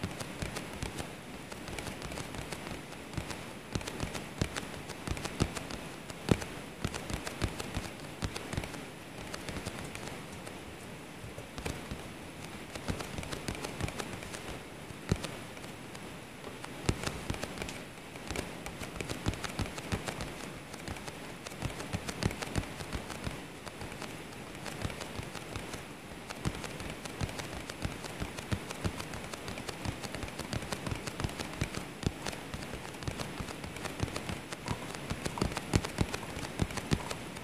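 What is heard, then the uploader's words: Aggressive tapping runs for the whole stretch, a dense, fast patter of sharp clicks and knocks that never pauses. The hits are irregular and crowded together like rain on a hard surface, with occasional louder strikes poking above the steady, bright clatter. Tapping ASMR (aggressive).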